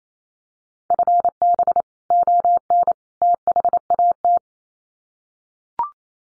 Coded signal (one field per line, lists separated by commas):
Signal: Morse code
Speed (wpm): 28 wpm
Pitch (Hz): 700 Hz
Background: none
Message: FB ON THAT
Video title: Common QSO Phrases 28wpm